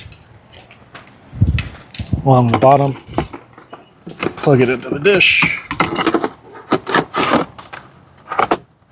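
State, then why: Seated. Someone talks while plugging a power/data cable plug into the port on the underside of a small Starlink satellite dish. A sharp double click at 8.4 and 8.5 seconds marks the plug snapping into place, and it is seated.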